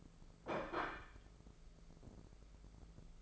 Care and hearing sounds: daily activity, microphone in the room; place plate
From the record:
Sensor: 5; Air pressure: 1015.1 hPa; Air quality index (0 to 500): 206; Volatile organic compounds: 10 ppm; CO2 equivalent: 2263 ppm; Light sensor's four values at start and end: 77/181/77/84 and 77/181/77/84

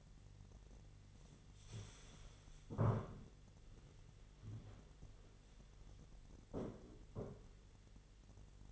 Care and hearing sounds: daily activity, microphone in the room; stand up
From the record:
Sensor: 4

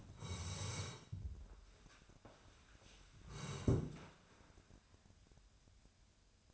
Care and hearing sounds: daily activity, microphone in the room; sit down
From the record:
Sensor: 2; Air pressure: 1015.2 hPa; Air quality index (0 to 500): 130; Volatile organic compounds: 4 ppm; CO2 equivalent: 1682 ppm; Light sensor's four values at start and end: 12/33/13/14 and 12/33/13/14

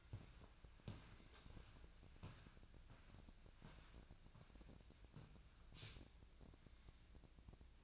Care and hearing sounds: daily activity, microphone in the room; walk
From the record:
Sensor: 2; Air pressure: 1012.1 hPa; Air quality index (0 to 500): 170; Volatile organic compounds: 2 ppm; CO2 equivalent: 1245 ppm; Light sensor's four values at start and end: 50/121/54/63 and 41/111/47/52

